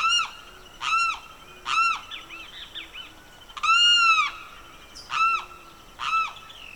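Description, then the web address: Bird repeating loud, harmonic, slightly arched calls roughly once a second, one longer drawn-out note among them, with quieter chirps from another bird in between. Evening birdsong recorded in a swamp in the Pantanal, rural South America. "The BBC Sound Effects Library - Complete 60 CDs Collection Sound Effects Library- (Rural South America) Evening Birdsong, Pantanal Swamp"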